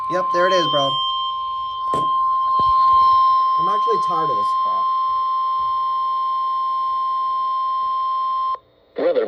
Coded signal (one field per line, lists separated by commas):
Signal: Emergency Alert System (SAME) tones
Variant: 1050 Hz attention tone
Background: speech